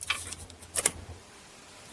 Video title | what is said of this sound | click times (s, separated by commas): How to Install GM 4T65-E Transmission Buick Lucerne, Grand Prix, Impala (Every Step in Description!) | And also make sure you hear those snap in place as well. | 0.9 s